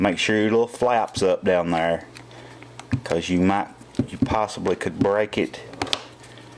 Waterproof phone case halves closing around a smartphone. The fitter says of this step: and you'll hear it snapping just lay it flat down